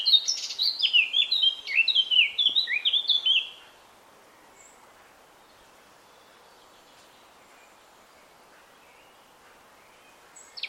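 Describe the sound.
Eurasian Blackcap gives a brisk, tumbling warble for about four seconds, followed by a long stretch of near silence.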